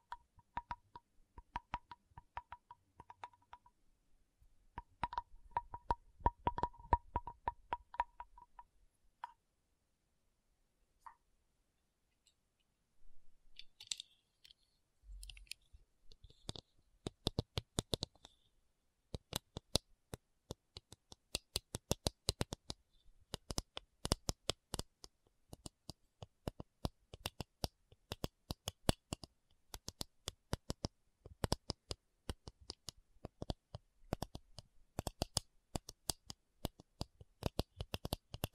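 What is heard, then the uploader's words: A tapping session of quick, dry taps and clicks. The first nine seconds are sparse, with a faint steady tone under soft low thumps; after a near-silent pause the tapping returns around 15 seconds and grows dense and rapid through the end. ASMR 1 Hour Tapping Session (No Talking).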